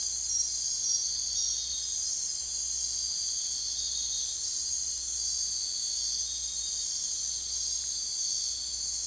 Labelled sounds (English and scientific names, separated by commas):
none